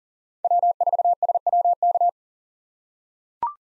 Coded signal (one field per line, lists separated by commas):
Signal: Morse code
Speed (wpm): 40 wpm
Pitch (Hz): 700 Hz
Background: none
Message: W4SWK